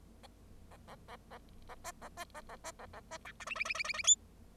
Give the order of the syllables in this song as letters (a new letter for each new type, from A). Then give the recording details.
A A A A A B A B A A B A A B C D E E E E E E F. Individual Bird0